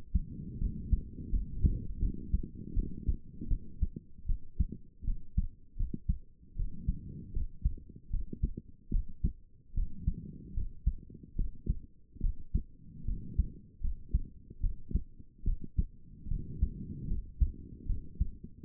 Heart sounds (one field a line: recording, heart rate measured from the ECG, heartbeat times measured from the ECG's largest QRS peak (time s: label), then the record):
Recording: heart sounds by stethoscope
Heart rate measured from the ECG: 76 bpm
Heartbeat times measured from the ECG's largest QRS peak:
0.58 s: heartbeat
1.30 s: heartbeat
1.99 s: heartbeat
2.73 s: heartbeat
3.47 s: heartbeat
4.26 s: heartbeat
5.04 s: heartbeat
5.76 s: heartbeat
6.56 s: heartbeat
7.33 s: heartbeat
8.10 s: heartbeat
8.90 s: heartbeat
9.74 s: heartbeat
10.54 s: heartbeat
11.35 s: heartbeat
12.20 s: heartbeat
13.05 s: heartbeat
13.80 s: heartbeat
14.60 s: heartbeat
15.44 s: heartbeat
16.28 s: heartbeat
17.07 s: heartbeat
17.86 s: heartbeat
From the record:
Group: healthy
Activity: rest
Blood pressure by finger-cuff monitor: 152/80 mmHg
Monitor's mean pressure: 99 mmHg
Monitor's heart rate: 76 bpm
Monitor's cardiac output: 6.8 L/min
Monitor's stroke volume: 91 mL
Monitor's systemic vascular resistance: 1080 dyn s/cm5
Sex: female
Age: 22 years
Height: 154 cm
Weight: 58.7 kg